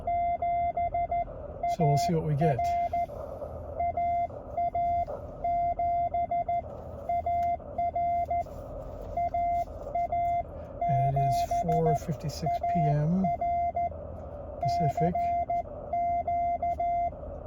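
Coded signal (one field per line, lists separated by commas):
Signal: Morse code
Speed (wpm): 14 wpm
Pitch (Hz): 690 Hz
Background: speech, radio noise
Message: 7AR AA7AR AA7AR CQ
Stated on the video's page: Elecraft K1 QRP go-kit operated mobile on battery power from the car dash, 20M, with a very low noise level.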